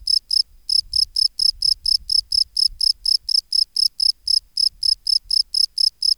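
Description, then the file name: Field cricket song of steady rapid chirps, a brief gap near the start, faint low rumble underneath. "Bio Acoustica. Gryllus campestris"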